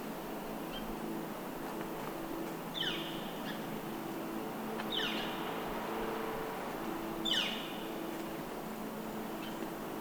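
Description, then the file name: Northern flicker calls: loud, harsh, downslurred single notes, three of them spaced a few seconds apart, over a steady low rumble and faint hum. Call recorded 24 November 2012 at 11:35. "Lewis S NOFL call 11242012 1135"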